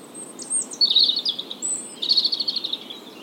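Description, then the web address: European robin delivering two rapid phrases of high, tinkling notes and fine trills separated by a short gap, over a light steady hiss. "SETE Erithacus rubecula"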